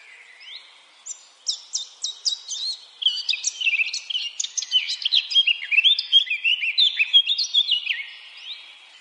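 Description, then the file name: Eurasian blackcap song: a rapid, varied warble of sharp chirps and slurred notes, trailing off near the end. "Sylvia atricapilla"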